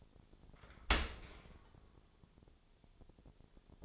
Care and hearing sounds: daily activity, microphone in the room; open dishwasher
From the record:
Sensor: 5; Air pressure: 1000.6 hPa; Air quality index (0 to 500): 148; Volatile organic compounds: 2 ppm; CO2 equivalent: 1139 ppm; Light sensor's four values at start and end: 41/93/40/44 and 41/94/40/44

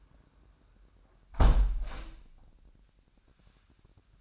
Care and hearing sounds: daily activity, microphone in the room; close window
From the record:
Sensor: 2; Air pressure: 998.4 hPa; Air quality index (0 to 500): 135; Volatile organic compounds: 3 ppm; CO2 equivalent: 1529 ppm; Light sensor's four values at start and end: 7/16/7/7 and 7/16/7/7

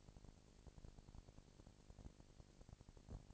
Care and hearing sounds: daily activity, microphone in the room; no activity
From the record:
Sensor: 5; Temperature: 19.8 degrees Celsius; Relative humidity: 36.7%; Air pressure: 997.2 hPa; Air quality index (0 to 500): 168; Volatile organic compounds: 14 ppm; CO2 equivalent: 2436 ppm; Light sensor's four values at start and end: 2/3/1/1 and 2/3/1/1

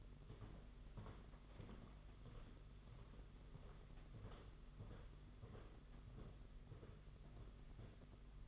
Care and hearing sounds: daily activity, microphone in the room; walk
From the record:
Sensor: 4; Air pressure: 992.4 hPa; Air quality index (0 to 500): 129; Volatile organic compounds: 44 ppm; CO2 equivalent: 3211 ppm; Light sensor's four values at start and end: 20/72/26/27 and 20/72/26/28

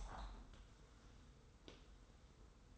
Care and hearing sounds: daily activity, microphone in the room; open window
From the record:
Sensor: 3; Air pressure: 990.3 hPa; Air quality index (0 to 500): 185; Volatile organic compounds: 1000 ppm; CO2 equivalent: 6008 ppm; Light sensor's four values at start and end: 34/80/32/30 and 33/79/32/30

